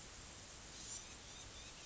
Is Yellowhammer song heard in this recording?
no